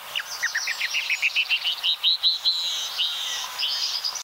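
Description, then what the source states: Canyon wren female call: a rapid run of many high, clipped notes rising in pitch, then blurring into a thin buzzy trill. Female canyon wren; her call is strikingly different from the male's, possibly so the sexes can tell each other apart.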